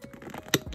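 A push-button clasp on the flap of a Gucci Marmont mini Matelassé handbag is pressed again among soft handling taps. A loud, sharp click stands out at 0.5 s as the clasp seats.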